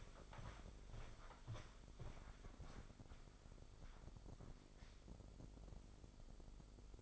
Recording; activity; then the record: daily activity, microphone in the room; walk to room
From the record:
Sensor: 5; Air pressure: 995.8 hPa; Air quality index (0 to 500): 92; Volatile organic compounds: 5 ppm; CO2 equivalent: 1736 ppm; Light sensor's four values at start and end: 38/90/37/38 and 39/94/38/39